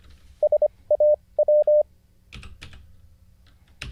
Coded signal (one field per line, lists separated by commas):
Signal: Morse code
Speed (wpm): 25 wpm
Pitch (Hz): 600 Hz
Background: none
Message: SAW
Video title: How to Learn Morse Code (Day 43) [Livestream]